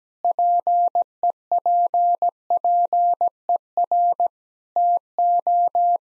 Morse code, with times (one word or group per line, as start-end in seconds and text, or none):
0.2-4.3 PEPPER
4.8-6.0 TO